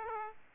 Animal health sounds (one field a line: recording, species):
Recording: mosquito wingbeat signal from an infrared sensor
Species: Aedes aegypti